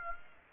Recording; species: mosquito wingbeat signal from an infrared sensor; Aedes aegypti